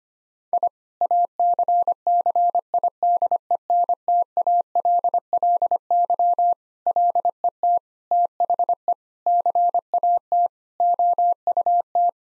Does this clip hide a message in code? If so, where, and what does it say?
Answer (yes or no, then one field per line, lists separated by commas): yes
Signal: Morse code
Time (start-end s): 0.5-12.1 s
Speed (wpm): 25 wpm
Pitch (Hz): 700 Hz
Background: none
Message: I ACCIDENTALLY LET THE CAT OUT